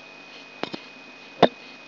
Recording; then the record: brain microelectrode recording played as sound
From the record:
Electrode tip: outside the subthalamic nucleus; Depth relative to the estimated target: -8 mm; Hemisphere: left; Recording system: AlphaMap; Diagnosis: Parkinson's disease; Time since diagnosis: 6 years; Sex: female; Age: 40 years